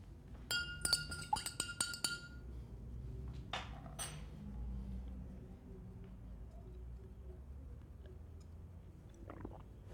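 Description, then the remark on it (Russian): A spoon stirs water with drops of iodine in a glass, giving a quick run of bright, ringing clinks, then a couple more taps a moment later, over a low steady background rumble. “Егор капает йод в стакан с водой, оборачивается на какой-то шум, потом добавляет еще 2 капли, размешивает и выпивает воду с йодом.”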